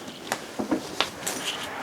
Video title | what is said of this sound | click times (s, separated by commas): RV Rental Orientation on Winnebago Minnie Winnie 31H | and then the same thing when we reverse just go back up push down it locks in place | 1.0 s